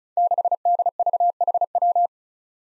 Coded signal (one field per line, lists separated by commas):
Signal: Morse code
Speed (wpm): 36 wpm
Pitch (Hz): 700 Hz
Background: none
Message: 6DVHW